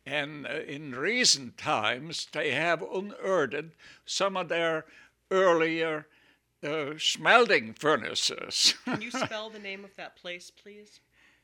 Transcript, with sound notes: And in recent times, they have unearthed some of their earlier smelting furnaces. (he laughs)
Can you spell the name of that place please?